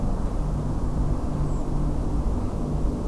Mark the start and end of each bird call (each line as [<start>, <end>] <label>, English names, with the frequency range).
[1.46, 1.63] Redwing (7.0-8.3 kHz)